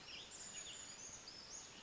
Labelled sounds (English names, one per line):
Brown Creeper